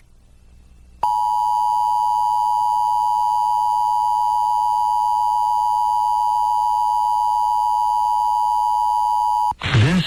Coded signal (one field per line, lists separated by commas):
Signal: Emergency Alert System (SAME) tones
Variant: 853 and 960 Hz attention tone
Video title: EAS #873-877: 5 EAS National Periodic Tests (National EAS Test)- Oct. 4, 2023- 11:20AM PDT